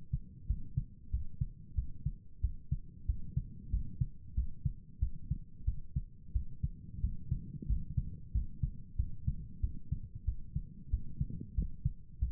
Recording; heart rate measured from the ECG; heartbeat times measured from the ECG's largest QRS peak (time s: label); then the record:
heart sounds by stethoscope; 92 bpm
0.46 s: heartbeat
1.10 s: heartbeat
1.74 s: heartbeat
2.40 s: heartbeat
3.05 s: heartbeat
3.70 s: heartbeat
4.34 s: heartbeat
4.99 s: heartbeat
5.64 s: heartbeat
6.32 s: heartbeat
7.00 s: heartbeat
7.66 s: heartbeat
8.31 s: heartbeat
8.96 s: heartbeat
9.60 s: heartbeat
10.24 s: heartbeat
10.90 s: heartbeat
11.54 s: heartbeat
12.19 s: heartbeat
From the record:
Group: healthy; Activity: rest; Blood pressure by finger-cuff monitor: 92/68 mmHg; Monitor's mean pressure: 76 mmHg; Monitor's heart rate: 92 bpm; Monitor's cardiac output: 7.2 L/min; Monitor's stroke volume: 77 mL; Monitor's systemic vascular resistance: 760 dyn s/cm5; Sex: male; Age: 19 years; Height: 178 cm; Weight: 83 kg